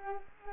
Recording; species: mosquito wingbeat signal from an infrared sensor; Culex quinquefasciatus